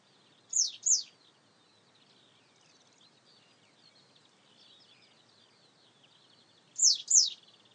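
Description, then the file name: Citrine wagtail giving sharp buzzy two-note calls, once near the start and again about six seconds later. "Golosa ptic - ZHeltogolovaya tryasoguzka Motacilla citreola"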